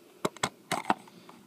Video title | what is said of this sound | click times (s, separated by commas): How to change the Oil in GM Eco tech 02-2012 | so that's that simple to pop the old one out | 0.9 s